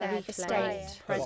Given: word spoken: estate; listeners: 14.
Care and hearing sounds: one English word in noise, from a listening test; four-talker babble; -0.9 dB; 2 of 14; 7 of 14; 0.86 s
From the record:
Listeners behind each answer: 7, 2, 1, 1, 1, 1, 1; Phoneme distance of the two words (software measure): 7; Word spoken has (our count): 2 syllables, 5 phonemes, stress on syllable 2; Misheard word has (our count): 1 syllable, 4 phonemes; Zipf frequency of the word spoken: 4.77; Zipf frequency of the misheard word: 5.23

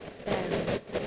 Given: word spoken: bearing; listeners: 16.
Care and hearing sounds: one English word in noise, from a listening test; noise modulated by three-talker babble; -7.2 dB; 0 of 16; 6 of 16; 0.67 s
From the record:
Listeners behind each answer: 6, 2, 1, 1, 1, 1, 1, 1, 1, 1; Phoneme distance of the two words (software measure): 27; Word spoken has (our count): 2 syllables, 5 phonemes, stress on syllable 1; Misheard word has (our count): 2 syllables, 4 phonemes, stress on syllable 1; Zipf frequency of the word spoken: 4.17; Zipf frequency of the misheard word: 4.16

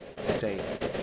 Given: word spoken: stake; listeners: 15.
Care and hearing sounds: one English word in noise, from a listening test; noise modulated by three-talker babble; -4.2 dB; 2 of 15; 6 of 15; 0.63 s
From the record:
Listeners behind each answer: 6, 2, 2, 2, 1, 1, 1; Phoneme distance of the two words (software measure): 10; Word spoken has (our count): 1 syllable, 4 phonemes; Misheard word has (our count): 1 syllable, 4 phonemes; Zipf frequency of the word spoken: 4.27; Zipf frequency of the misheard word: 5.23

